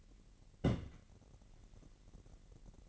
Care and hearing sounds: daily activity, microphone in the room; place on stove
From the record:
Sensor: 4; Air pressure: 1012.8 hPa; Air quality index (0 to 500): 237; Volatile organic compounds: 4 ppm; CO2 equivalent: 1581 ppm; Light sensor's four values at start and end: 30/71/29/29 and 29/70/29/28

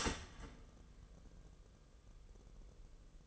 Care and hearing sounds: daily activity, microphone in the room; start toaster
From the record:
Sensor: 4

